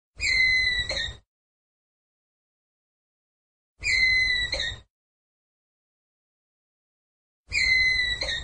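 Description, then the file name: Ground squirrel repeating a loud, whistled call of roughly a second, three times, about every three and a half seconds, with silence between. "Tieng soc dat keu"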